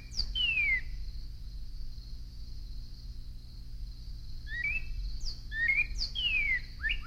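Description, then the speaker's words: Northern Cardinal song: a sweeping downslurred whistle, a pause, then short rising notes and further downslurs, over a steady high hum. Recorded at close range; loud, rhythmical song with a good glissando; cardinals sing just before sunrise; common resident of suburban neighborhoods, often at backyard bird feeders. "The cardinal's song is loud and rhythmical with a good glissando, as we will hear from a cardinal at close range."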